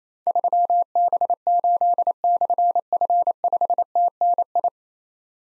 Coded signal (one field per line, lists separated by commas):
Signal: Morse code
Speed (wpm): 28 wpm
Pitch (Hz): 700 Hz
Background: none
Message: 3B8/F5TNI